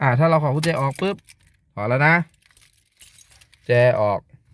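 A car key is pulled out of the ignition, and the steering wheel is handled so the steering column lock pin can engage as the car's safety system. Someone talks in bursts while keys jangle, with small clinks between about 2.6 and 3.5 seconds. Nothing has seated or clicked into place yet.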